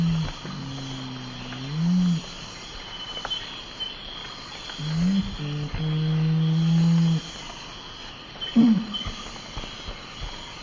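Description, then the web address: Nocturnal curassow song of very low, mellow booming notes, a long one early and another long one midway, with a brief grunt later and faint background hiss. Ecuador. "Birds of Ecuador. Nocturnal Curassow"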